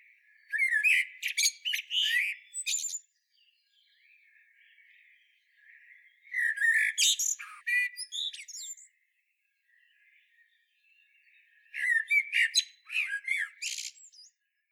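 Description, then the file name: Common blackbird song in three phrases several seconds apart, each a soft fluty warble with scratchy, high-pitched twittering. "Turdus merula"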